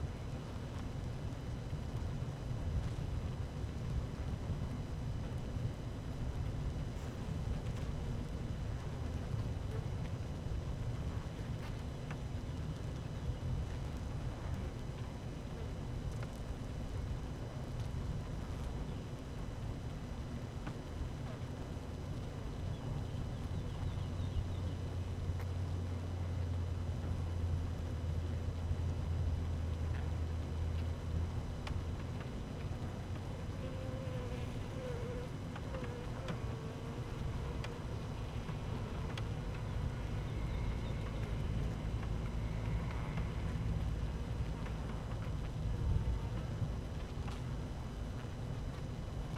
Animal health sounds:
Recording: honeybee colony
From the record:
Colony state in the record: active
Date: 12 June 2018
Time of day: 12:45

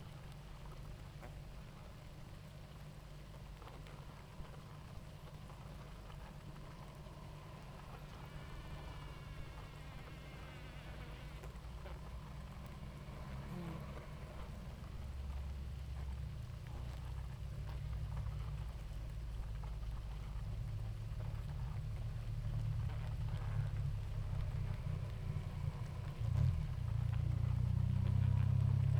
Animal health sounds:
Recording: honeybee colony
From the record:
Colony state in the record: active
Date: 28 July 2017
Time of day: 18:47

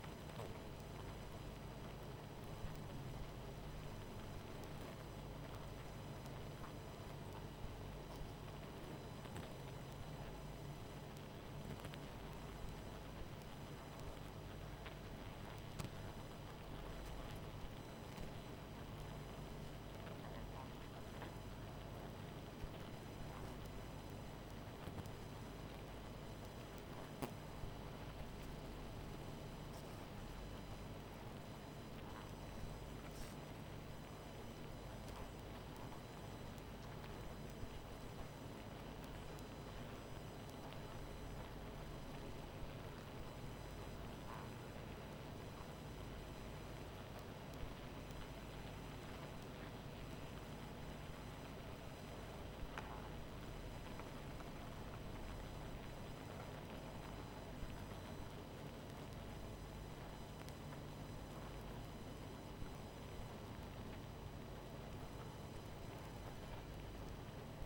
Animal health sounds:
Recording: honeybee colony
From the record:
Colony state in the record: missing queen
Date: 14 July 2017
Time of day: 23:02

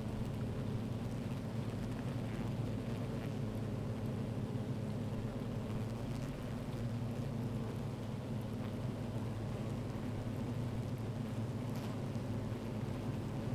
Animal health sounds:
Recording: honeybee colony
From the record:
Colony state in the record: active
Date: 28 July 2017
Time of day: 12:37

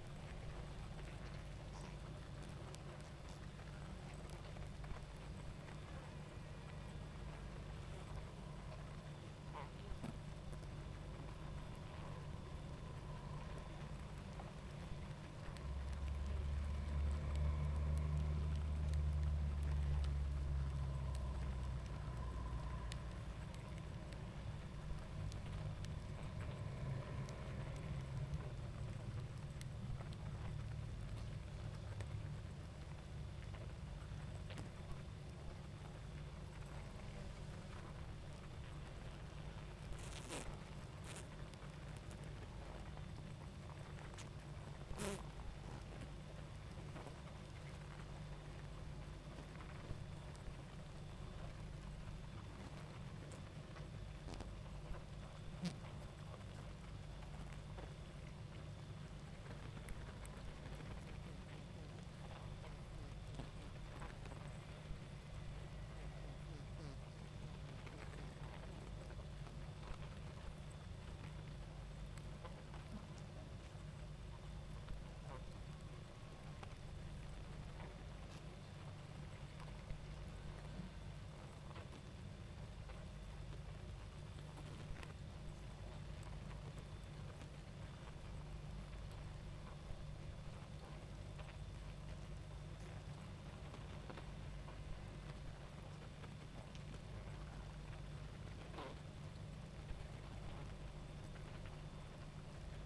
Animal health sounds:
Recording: honeybee colony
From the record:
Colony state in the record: active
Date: 28 July 2017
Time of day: 21:26

